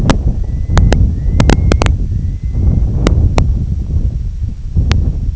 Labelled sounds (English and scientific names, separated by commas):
Purple Sandpiper (Calidris maritima)